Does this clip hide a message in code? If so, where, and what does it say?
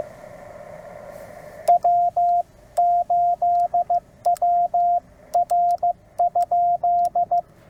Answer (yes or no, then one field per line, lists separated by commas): yes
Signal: Morse code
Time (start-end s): 1.7-7.4 s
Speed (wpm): 16 wpm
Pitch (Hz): 690 Hz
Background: radio noise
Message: W8WR?